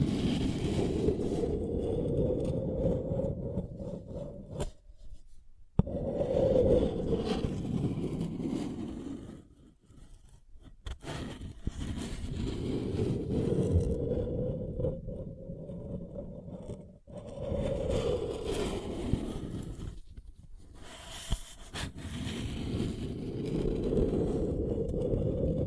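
A paper cup is rubbed and scraped in long, rough passes, each one a dense, rumbling swell that rises and fades. Short pauses fall around five, ten, seventeen and twenty seconds, with sharp taps and crinkly clicks scattered between strokes.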